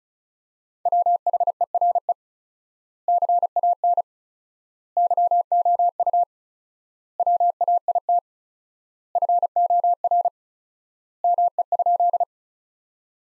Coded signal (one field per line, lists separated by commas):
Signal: Morse code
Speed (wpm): 36 wpm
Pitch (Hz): 700 Hz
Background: none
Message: WHERE CAN YOU WAIT FOR ME?